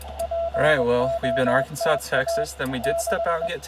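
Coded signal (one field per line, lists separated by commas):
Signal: Morse code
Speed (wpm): 22 wpm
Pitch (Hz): 670 Hz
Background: speech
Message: POTA 6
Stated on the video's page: CW Parks On The Air activation in Utah.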